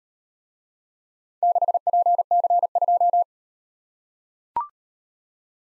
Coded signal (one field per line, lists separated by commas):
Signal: Morse code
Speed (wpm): 38 wpm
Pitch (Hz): 700 Hz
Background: none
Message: 6PC2